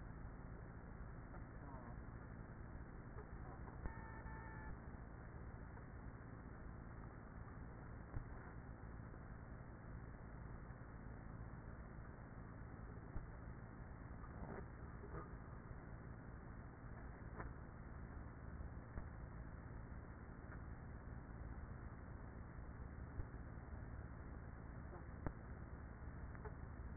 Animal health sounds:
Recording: honeybee colony, microphone inside the hive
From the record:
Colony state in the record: queenless with a low population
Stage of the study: after two queens were removed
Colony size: about 30,000 bees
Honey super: no

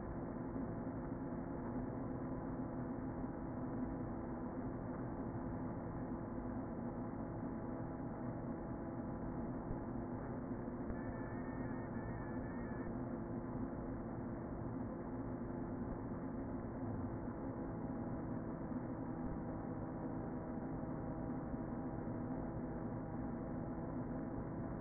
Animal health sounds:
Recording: honeybee colony, microphone inside the hive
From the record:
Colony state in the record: queen present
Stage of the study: before two queens were removed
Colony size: about 60,000 bees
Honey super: yes

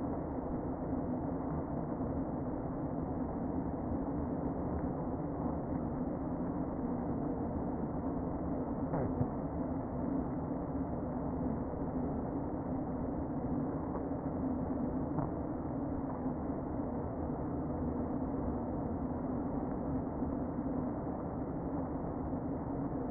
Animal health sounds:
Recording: honeybee colony, microphone inside the hive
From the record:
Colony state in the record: queen present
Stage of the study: before two queens were removed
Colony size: about 60,000 bees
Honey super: yes

